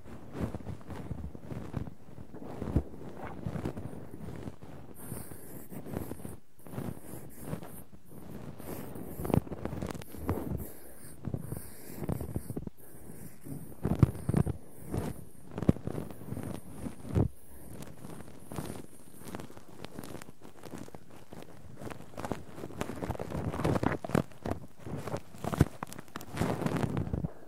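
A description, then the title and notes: Close-up ear cleaning sounds: dense, continuous scratching and rubbing right against the microphone, with rapid crackly strokes layered over each other. A faint airy hiss sits above from about five to twenty seconds, and sharper, louder scrapes stand out near fourteen, seventeen and twenty-six seconds. ASMR Layered Ear Cleaning No Talking.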